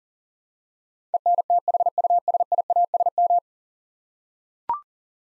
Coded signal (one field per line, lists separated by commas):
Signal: Morse code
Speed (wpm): 40 wpm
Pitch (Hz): 700 Hz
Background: none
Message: ENTHUSIASM